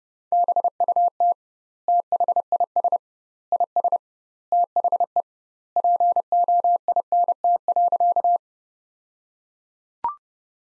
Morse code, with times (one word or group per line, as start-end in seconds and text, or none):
0.3-1.3 BUT
1.9-3.0 THIS
3.5-4.0 IS
4.5-5.2 THE
5.8-8.4 POINT.